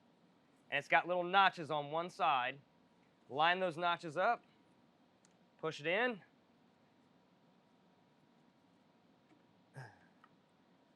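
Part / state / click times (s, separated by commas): brush roll into the extractor head / not seated / none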